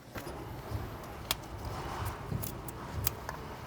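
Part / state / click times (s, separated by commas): plastic harness retainer into its mount on the Haldex unit / seated / 1.3 s, 3.1 s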